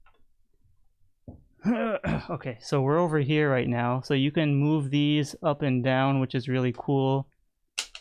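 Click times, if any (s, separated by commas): 7.8 s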